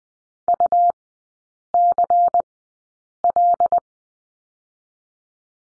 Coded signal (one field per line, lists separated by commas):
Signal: Morse code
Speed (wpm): 20 wpm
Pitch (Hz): 700 Hz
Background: none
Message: UCL